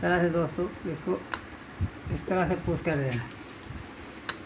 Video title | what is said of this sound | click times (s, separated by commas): Royal Enfield Starting And Current Problem #shorts #youtube #engine #self | ये lock हो जाता है दोस्तों इसके ऊपर। | 4.3 s